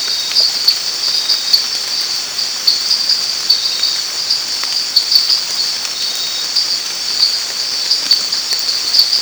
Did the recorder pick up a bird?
no